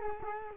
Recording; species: mosquito wingbeat signal from an infrared sensor; Culex quinquefasciatus